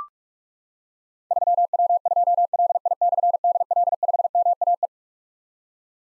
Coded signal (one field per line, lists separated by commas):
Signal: Morse code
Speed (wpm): 44 wpm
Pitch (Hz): 700 Hz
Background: none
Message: 3W2LI/DL5MAE